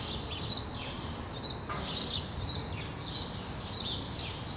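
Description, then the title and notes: Sparrow chirping, loud bright notes in bursts, some overlapping, with steady low noise beneath. Several sparrows on Rue de l'épargne, Brussels, Belgium, recorded on World Sparrow Day using Lom mikroUši microphones into a Deity PR-2 recorder. "Rue de l'épargne, Bruxelles, Bruxelles-Capitale, Belgique - World Sparrow Day. Sparrows - moineaux"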